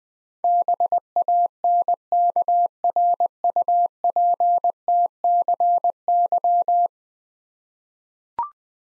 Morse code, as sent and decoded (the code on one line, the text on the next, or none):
-... .- -. -.- .-. ..- .--. - -.-. -.--
BANKRUPTCY